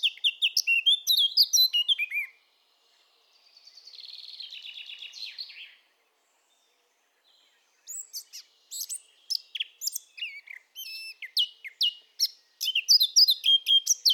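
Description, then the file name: Eurasian blackcap song in rapid bursts: chattering warble, a softer buzzy scratchy passage, a pause, then bright varied whistled phrases building again. "Sylvia atricapilla"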